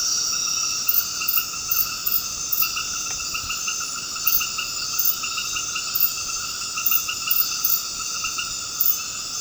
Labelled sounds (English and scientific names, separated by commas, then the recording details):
none
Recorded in dense forest near Puerto Asís, Putumayo, Colombia, on 9 March 2025 at 20:30
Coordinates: 0.486, -76.317
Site G053